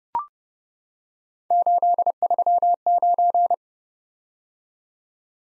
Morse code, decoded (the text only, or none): 839